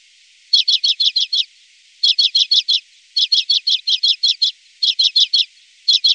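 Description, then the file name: Common redpoll giving dry, rapid chattering calls in several bursts of a few to ten notes, separated by short pauses, the last cut off. "Grasiska"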